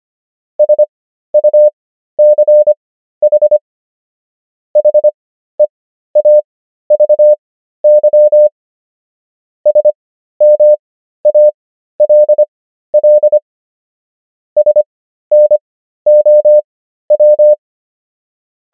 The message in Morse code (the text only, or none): SUCH HEAVY SMALL SNOW